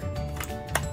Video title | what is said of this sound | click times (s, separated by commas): Kishiryu Sentai Ryusoulger - New Toy Unboxing and First Impressions | you hear that click | 0.8 s